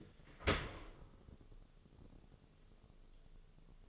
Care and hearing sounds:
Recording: daily activity, microphone in the room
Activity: open dishwasher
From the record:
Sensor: 4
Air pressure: 1015.9 hPa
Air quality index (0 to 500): 100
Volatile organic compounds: 2 ppm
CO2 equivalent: 1124 ppm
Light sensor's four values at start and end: 8/18/7/7 and 9/19/8/7

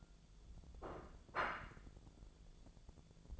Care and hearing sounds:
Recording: daily activity, microphone in the room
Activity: place plate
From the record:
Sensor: 5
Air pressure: 1000.3 hPa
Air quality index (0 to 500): 120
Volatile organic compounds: 1 ppm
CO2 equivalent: 958 ppm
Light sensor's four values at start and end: 97/229/97/106 and 97/228/97/106

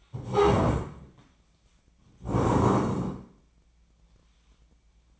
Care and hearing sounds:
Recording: daily activity, microphone in the room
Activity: stand up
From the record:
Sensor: 1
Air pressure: 1012.3 hPa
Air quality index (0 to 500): 172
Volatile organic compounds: 3 ppm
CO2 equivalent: 1416 ppm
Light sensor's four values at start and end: 45/121/49/60 and 46/123/50/62

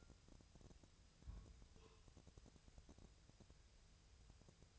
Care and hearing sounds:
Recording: daily activity, microphone in the room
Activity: place on stove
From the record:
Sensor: 2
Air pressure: 999.3 hPa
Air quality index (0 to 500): 195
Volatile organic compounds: 27 ppm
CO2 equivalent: 2889 ppm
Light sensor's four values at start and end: 6/15/6/6 and 6/15/6/6

